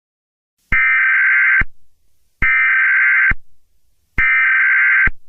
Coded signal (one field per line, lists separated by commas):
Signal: Emergency Alert System (SAME) tones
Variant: header bursts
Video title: (OLD AND BAD) EAS Scenario: Piracy Is No Party!